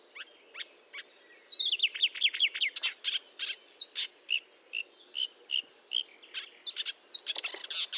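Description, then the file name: Marsh warbler song, a fast run of varied chirps, sweeping notes and buzzy phrases at high pitch. Recorded 1 June 2022 at 10:55 at Fontaine-Française (Fourneau), using a Nagra recorder with a Telinga microphone. "Rousserolle verderolle 1055 Fontaine-Francaise-Fourneau"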